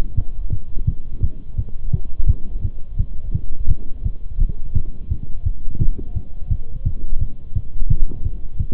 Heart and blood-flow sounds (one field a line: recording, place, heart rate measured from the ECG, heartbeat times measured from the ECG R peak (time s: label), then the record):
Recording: heart sounds by stethoscope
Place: between the tricuspid and mitral areas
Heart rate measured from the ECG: 171 bpm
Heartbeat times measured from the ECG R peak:
0.17 s: heartbeat
0.52 s: heartbeat
0.87 s: heartbeat
1.23 s: heartbeat
1.58 s: heartbeat
1.93 s: heartbeat
2.28 s: heartbeat
2.64 s: heartbeat
2.99 s: heartbeat
3.34 s: heartbeat
3.70 s: heartbeat
4.05 s: heartbeat
4.40 s: heartbeat
4.75 s: heartbeat
5.11 s: heartbeat
5.46 s: heartbeat
5.81 s: heartbeat
6.16 s: heartbeat
6.51 s: heartbeat
6.86 s: heartbeat
7.21 s: heartbeat
7.56 s: heartbeat
7.90 s: heartbeat
8.25 s: heartbeat
8.60 s: heartbeat
From the record:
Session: Bruce protocol treadmill stress test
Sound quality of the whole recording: partially saturated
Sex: male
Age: 23 years